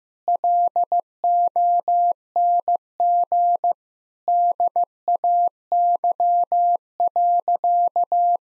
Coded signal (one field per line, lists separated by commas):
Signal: Morse code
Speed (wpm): 15 wpm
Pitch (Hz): 700 Hz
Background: none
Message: LONG DAY.